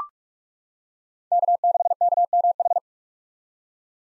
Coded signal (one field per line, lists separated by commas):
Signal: Morse code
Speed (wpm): 43 wpm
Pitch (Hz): 700 Hz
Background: none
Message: K6KMH